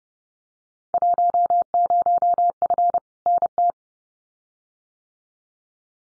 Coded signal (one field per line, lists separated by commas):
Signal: Morse code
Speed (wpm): 30 wpm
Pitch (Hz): 700 Hz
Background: none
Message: 10F NT